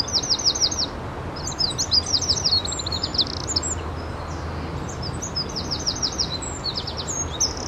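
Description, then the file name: Eurasian wren song, fast high trills of repeated sharp notes delivered in bursts, a pause, then more rattling trills, with constant low background hiss. "Troglodytes troglodytes"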